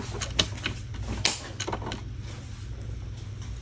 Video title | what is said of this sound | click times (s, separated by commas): Center console / arm rest installation for Honda Brio | Nag-snap naman. So madali lang. | 0.4 s, 1.3 s